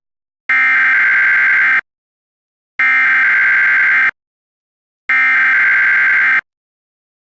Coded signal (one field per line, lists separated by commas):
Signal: Emergency Alert System (SAME) tones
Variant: header bursts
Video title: EAS Classic: RC Park EAS (Revised Version)